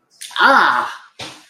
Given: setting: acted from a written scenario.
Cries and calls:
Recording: vocal sound without words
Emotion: pain

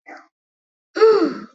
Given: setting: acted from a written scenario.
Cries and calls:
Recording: vocal sound without words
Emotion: relief

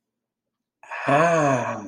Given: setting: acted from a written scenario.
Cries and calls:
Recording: vocal sound without words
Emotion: realization

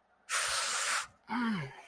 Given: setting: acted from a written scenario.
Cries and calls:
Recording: vocal sound without words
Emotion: pain

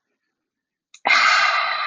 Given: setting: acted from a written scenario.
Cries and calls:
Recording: vocal sound without words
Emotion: contentment

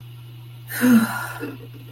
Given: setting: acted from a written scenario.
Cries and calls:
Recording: vocal sound without words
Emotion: relief

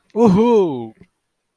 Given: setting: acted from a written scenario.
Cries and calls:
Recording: vocal sound without words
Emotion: triumph

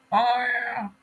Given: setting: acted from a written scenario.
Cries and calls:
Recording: vocal sound without words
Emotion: embarrassment

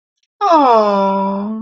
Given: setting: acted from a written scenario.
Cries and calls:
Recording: vocal sound without words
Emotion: adoration

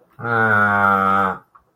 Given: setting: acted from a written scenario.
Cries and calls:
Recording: vocal sound without words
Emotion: shame

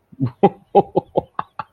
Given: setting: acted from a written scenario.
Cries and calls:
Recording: vocal sound without words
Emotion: amusement

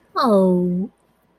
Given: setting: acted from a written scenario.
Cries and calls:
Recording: vocal sound without words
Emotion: adoration

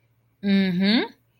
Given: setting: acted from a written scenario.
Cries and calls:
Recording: vocal sound without words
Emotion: pride

